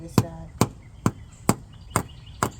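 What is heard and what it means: A metal rear wheel seal on a Ram 3500 is being tapped into the hub bore, alternating sides, to fix a leaking seal. Six sharp, evenly spaced taps ring out at about 0.2, 0.6, 1.1, 1.5, 2.0 and 2.4 seconds while someone talks. Nothing has seated yet; the seal is not yet home.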